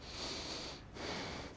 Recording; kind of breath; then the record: one breath in and out by a microphone near the nose and mouth; strong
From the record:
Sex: male